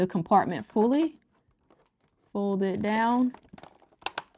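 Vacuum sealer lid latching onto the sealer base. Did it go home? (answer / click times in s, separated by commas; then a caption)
yes / 4.1 s, 4.2 s. Someone talks while folding down the plastic lid of a vacuum sealer and pushing it onto the sealer base until the side latches engage. Two sharp clicks are heard at 4.1 s and 4.2 s as the lid latches shut, completely closed.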